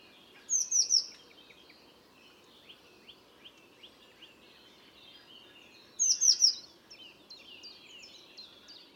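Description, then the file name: Eurasian blue tit calls: two bursts of three or four high, thin, down-slurred notes, about five seconds apart, with faint soft twittering between and after them. "Cyanistes caeruleus"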